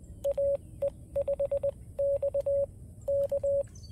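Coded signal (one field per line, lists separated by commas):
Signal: Morse code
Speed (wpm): 20 wpm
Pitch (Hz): 560 Hz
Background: radio noise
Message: AE5X K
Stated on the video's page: FX-4CR calling CQ in CW with audio artifacts and loss of sidetone while transmitting.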